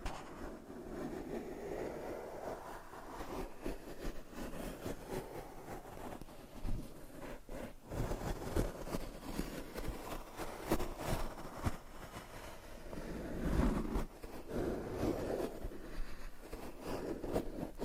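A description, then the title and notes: Scratching and tapping with a steady low rumble, dense rustling texture, and sharper brushing bursts around eight, eleven, and fourteen seconds. ASMR for ADHD Changing Triggers Every 30 Seconds Scratching , Tapping , Massage & More (No Talking).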